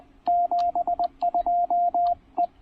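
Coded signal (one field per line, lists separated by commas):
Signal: Morse code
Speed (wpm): 20 wpm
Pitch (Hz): 690 Hz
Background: radio noise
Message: 72 E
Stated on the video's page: QRP CW on 20 meters during a Parks on the Air activation using a TR-45 transceiver and Tufteln end-fed random wire antenna.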